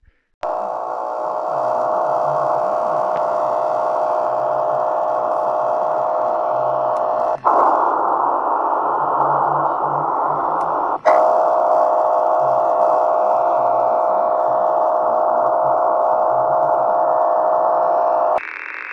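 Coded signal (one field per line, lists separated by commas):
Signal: unidentified radio signal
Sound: steady harsh buzzing drone, briefly interrupted twice as frequencies change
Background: radio static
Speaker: you can see in my video here some of the frequencies I start my video with the actual catch on my xh data d808 and then for a change I'm showing some catches on the web SDR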